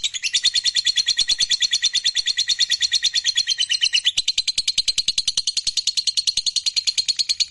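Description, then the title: Lovebird in a sustained rapid rattling trill, high and harsh, changing slightly in tone after about four seconds and continuing evenly. Lovebird described as a fighter bird, gacor (singing energetically). "SUARA Lovebird FIGHTER GACOR"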